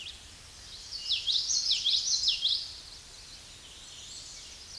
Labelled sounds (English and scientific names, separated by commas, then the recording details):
Common Yellowthroat (Geothlypis trichas) song
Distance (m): 10 m
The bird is about 10 m above the microphone
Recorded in a Pennsylvania forest on 16 May 2024 at 08:01
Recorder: AudioMoth, point MSD-1342
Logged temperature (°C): 15.5 °C
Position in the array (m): 226 m, 181 m